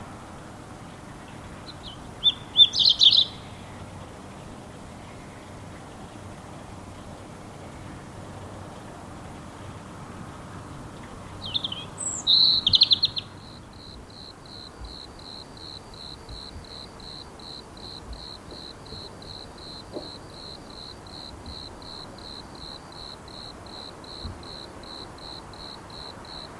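Animal calls during a quiet lockdown moment: two short bursts of bright chirping, near 3 seconds and again around 12 seconds. From about 13 seconds a steady, rapid pulsing trill, likely an insect, runs to the end over a low, constant background hum.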